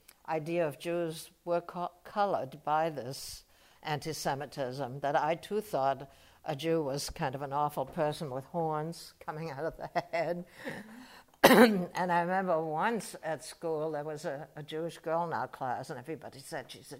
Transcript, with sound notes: idea of Jews were colored by this anti-Semitism, that I too thought a Jew was kind of an awful person with horns coming out of the head. [chuckles] [coughs] And I remember once at school there was a — a Jewish girl in our class and everybody said, "She's a Jew.